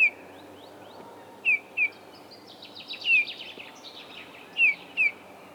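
Eurasian bullfinch calls, short clear downslurred whistles given singly and in pairs, with other birds chirping and twittering in the background.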